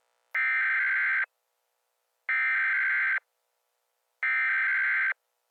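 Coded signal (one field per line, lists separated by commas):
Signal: Emergency Alert System (SAME) tones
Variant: header bursts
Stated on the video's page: Fictional EAS scenario about COVID-19 contaminated licorice; not real.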